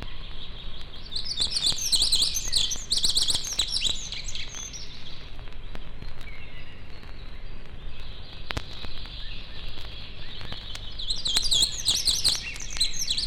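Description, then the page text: Songbird song: bright twittering bursts around two to four seconds and again near twelve seconds, thin high notes between, over a steady low traffic-like rumble. Forest songbirds close to a road. "Лесные певчие птицы - Nature, близко трасса"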